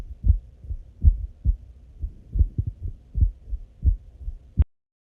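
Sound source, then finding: Heart. Heartbeat.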